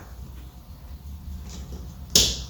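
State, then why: Seated. A short wiring harness connector is lined up and pushed onto the second indicator bulb socket of a 2007 to 2013 Chevy Silverado. A low steady hum and faint handling noises run under someone talking, then a sharp, bright click at 2.2 s shows the connector seating in place.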